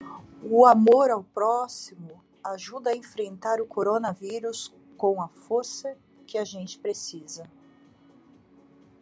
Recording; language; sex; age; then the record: spoken sentence; Brazilian Portuguese; female; 50 to 59 years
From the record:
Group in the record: control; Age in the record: 51 years